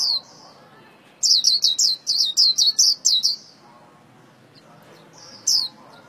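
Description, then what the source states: White-eye song: a brief high note, then a fast burst of many sharp, descending chirps, and one more chirp near the end. Vietnamese song style called khuyên líu.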